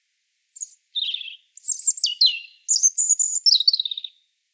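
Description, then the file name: European robin song, a brief high note and a warbled flourish followed by sharp sliding whistles and a rapid descending twitter, no other sounds. "Erithacus rubecula"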